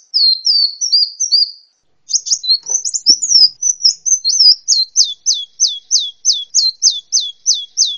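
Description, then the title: Sunbird chirping: high, thin twittering notes, a brief pause, then a fast run of sharp downslurred chips repeated about three times a second. "kicau kolibri"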